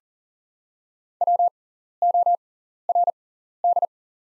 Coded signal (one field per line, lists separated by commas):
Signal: Morse code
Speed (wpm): 40 wpm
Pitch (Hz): 700 Hz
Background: none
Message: WORD